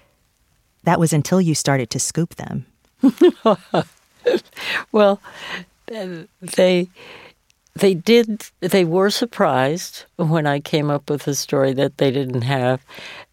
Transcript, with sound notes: But that was until you started to scoop them.
(Laughter) Well, they did - they were surprised when I came up with a story that they didn't have.